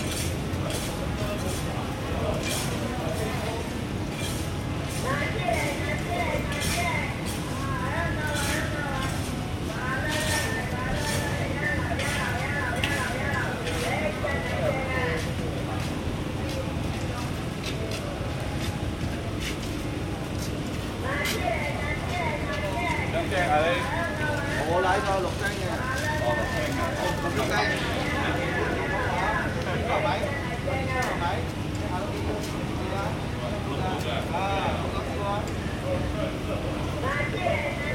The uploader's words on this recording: Urban Soundscapes : Kuala Lumpur (Malaysia) recorded by Yii Kah Hoe. 首先是吉隆坡市區華人街.